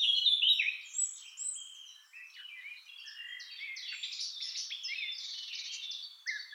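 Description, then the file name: Eurasian blackcap warble: a loud fluty start, then dense chattering and squeaky notes. "Sylvia atricapilla"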